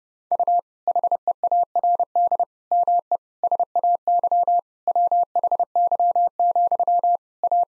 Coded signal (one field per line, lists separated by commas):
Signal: Morse code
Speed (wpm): 28 wpm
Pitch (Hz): 700 Hz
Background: none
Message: U HEARD ME SAY WHY, A